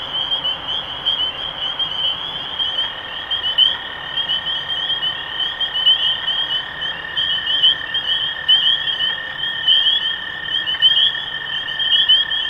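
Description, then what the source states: Massed spring peepers, piercing upslurred peeps overlapping without pause, plus a sustained lower droning tone through most of the recording. Recorded 23 March 2012.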